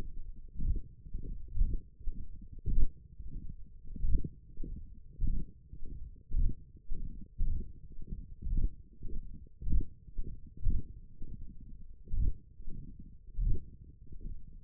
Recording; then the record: forearm muscle sounds (acoustic myography)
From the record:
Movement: hand closing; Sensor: system 1, eight BSWA MPA416 microphones around the upper forearm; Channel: 4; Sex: male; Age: 21 years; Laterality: right